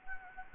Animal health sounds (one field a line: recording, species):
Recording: mosquito wingbeat signal from an infrared sensor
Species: Anopheles gambiae